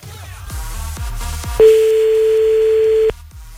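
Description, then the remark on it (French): A telephone ringback tone sounds once while calling someone back, a steady, loud mid-pitched beep lasting about a second and a half, coming in after a few soft rhythmic thumps. “Attends, on le rappelle encore un coup là.”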